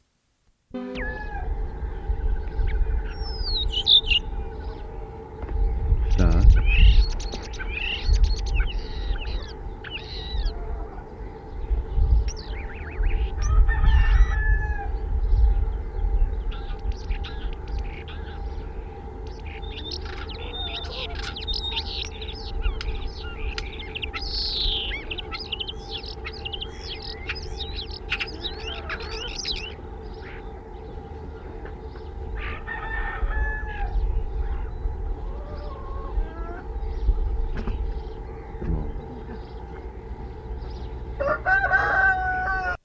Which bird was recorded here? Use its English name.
European Starling